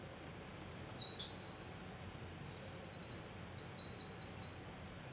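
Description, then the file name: Eurasian wren song: a rapid, high, tinkling outpouring of twittering notes and fast buzzy trills, running continuously for about four seconds in a quiet background. "Troglodytes troglodytes"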